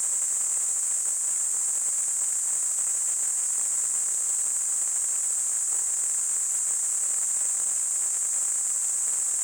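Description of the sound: A steady, very high-pitched hiss, a narrow band of noise, holds at constant loudness for about nine seconds with no breaks. It is a simulation of tinnitus, the ringing or hissing heard in the ears without an outside sound.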